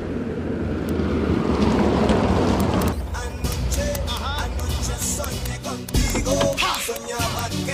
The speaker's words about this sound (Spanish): El del auto rojo, ese que viene ahí.